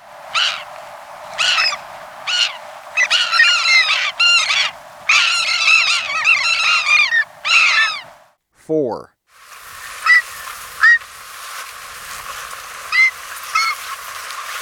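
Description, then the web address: Andean gull giving harsh, arched, nasal calls in bursts and rapid chattering runs, then fainter scattered calls over a steady hiss. Recorded in Ecuador. "Birds of Ecuador. Andean Gull"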